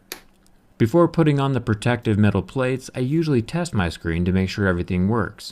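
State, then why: Seated. The battery flex connector of an iPhone 6 is pressed onto its logic board socket as the last plug-in step, seating with a sharp snap at 0.1 s. A faint tick follows, then someone talks.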